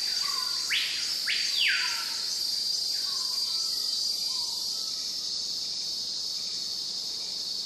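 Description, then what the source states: Cicadas droning in a steady high hiss throughout, with a few loud sweeping bird calls early on and faint low whistles behind. Cicadas in a forest, with exotic birds.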